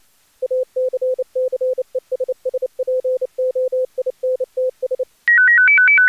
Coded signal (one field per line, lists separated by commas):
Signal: Morse code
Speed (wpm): 29 wpm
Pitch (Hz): 510 Hz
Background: none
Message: ACCESSPOINTS